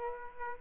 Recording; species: mosquito wingbeat signal from an infrared sensor; Aedes aegypti